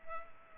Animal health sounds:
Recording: mosquito wingbeat signal from an infrared sensor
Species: Culex pipiens

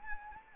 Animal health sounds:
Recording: mosquito wingbeat signal from an infrared sensor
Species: Anopheles arabiensis

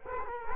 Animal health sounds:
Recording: mosquito wingbeat signal from an infrared sensor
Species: Culex quinquefasciatus

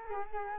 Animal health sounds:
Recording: mosquito wingbeat signal from an infrared sensor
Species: Culex quinquefasciatus

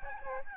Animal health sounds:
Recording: mosquito wingbeat signal from an infrared sensor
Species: Aedes albopictus

